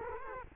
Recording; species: mosquito wingbeat signal from an infrared sensor; Culex quinquefasciatus